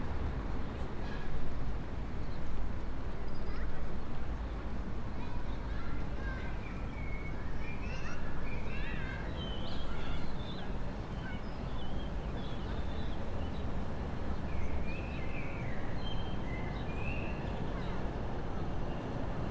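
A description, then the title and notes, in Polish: Spring birds chirp and twitter in frequent bursts, busiest midway, over a constant low city rumble with faint voices and passing traffic. Ul. Świętej Jadwigi : Kościół NMP na Piasku. Lokalizacja: Stare Miasto, Rynek. Opis: Skwer obok Mostu Piaskowego. Rekorder, mikrofon: sony pcm d50, mic rode nt4, FEL BMA preamplifier.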